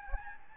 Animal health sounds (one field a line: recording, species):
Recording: mosquito wingbeat signal from an infrared sensor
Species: Aedes albopictus